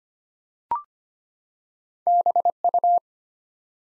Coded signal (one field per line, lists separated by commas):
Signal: Morse code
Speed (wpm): 25 wpm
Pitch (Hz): 700 Hz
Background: none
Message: BU